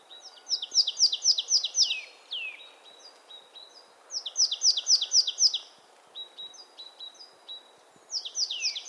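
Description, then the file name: Marsh tit calling in quick bursts of six or seven sharp, high, down-slurred notes, the bursts separated by short pauses with brief softer notes between them. "Poecile palustris"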